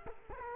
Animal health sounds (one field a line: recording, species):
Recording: mosquito wingbeat signal from an infrared sensor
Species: Culex quinquefasciatus